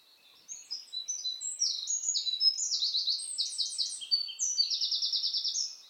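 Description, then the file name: European robin delivering one continuous high phrase of thin whistles that speeds into rapid repeated trill notes toward the end. "Erithacus rubecula"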